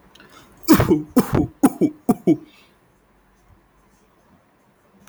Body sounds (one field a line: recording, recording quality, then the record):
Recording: heavy voluntary cough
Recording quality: excellent, no background noise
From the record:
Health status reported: healthy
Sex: male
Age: 19 years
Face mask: not worn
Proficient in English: yes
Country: India